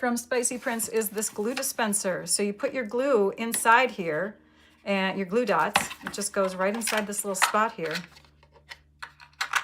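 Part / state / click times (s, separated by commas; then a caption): glue dot roll into plastic glue dispenser / seated / 9.4 s. Someone talks while a roll of glue dots is pushed into a slot in a small plastic glue dispenser from Spicy Prints. After some quieter handling clicks and a brief fumble, the roll snaps into place with a sharp click at 9.4 s, seated.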